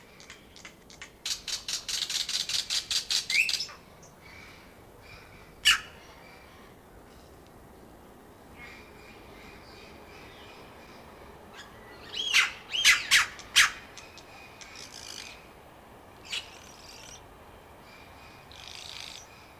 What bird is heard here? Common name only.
Red-rumped Cacique